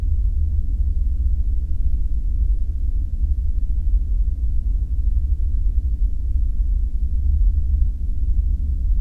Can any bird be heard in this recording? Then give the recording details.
no. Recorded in the Prudhoe Bay oil fields, Alaska, on 5 September 2019 at 00:10. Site 14